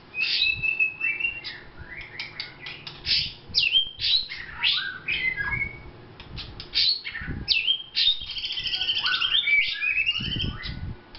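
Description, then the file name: White-rumped shama singing a dense, varied run of fluty whistles, slurred upslurs and downslurs, with quick chattering notes and a few low thumps. Vietnam. "shama vietnam omkicau"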